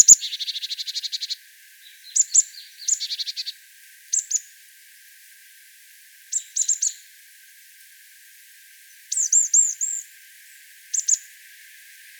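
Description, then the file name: Marsh tit calling: a rapid buzzy chatter at first, then scattered short high notes and a brief run of looping whistled calls, with pauses between. "Poecile palustris"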